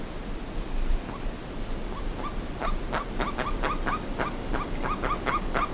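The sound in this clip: Bird calls, a few scattered notes at first, then a dense burst of quick notes, over low rumbling noise.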